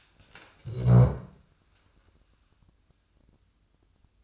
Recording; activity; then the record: daily activity, microphone in the room; stand up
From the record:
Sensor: 2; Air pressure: 1004.9 hPa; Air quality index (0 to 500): 92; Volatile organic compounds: 2 ppm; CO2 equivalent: 1116 ppm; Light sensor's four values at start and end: 7/17/7/7 and 7/17/7/7